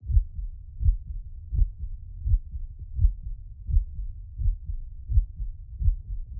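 A steady, low-pitched heartbeat at about 83 beats per minute, with each beat a dull thump.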